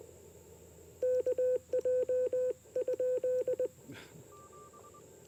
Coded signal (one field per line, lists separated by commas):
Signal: Morse code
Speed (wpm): 20 wpm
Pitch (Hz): 500 Hz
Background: none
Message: KJ?